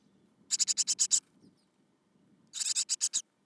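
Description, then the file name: Great Tit chatter: two dry, buzzy rattles of six or seven notes, about two seconds apart, with a faint low rumble underneath. "Parus major"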